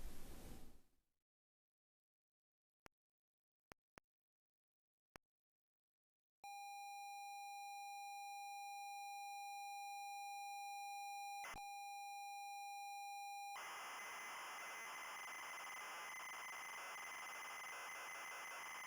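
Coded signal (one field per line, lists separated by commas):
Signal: ZX Spectrum tape loading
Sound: a few clicks, a long steady buzzy lead tone, a brief blip, then harsh screeching data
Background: brief hiss at start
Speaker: we will load trans express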